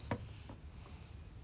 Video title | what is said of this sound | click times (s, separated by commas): CLS 55 AMG W219 W211 door handle installation process. Macro. | until here the small click | 0.1 s